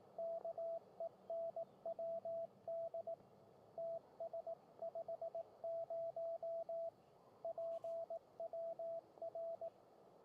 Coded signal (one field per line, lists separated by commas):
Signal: Morse code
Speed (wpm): 18 wpm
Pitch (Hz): 670 Hz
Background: radio noise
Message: KENWD TS50 PWR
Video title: Radio Prepper Livestream on July 7th 2004.